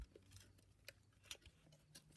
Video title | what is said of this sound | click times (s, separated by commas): Lego Ninjago: Dragons Rising (Season 3) 71844 Ninja Combat Vehicle | You just slide it in until you will hear a click. | 1.3 s